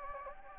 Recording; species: mosquito wingbeat signal from an infrared sensor; Anopheles gambiae